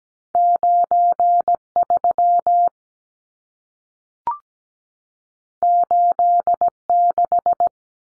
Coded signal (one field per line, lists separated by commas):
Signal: Morse code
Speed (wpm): 17 wpm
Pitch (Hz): 700 Hz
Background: none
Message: 93 86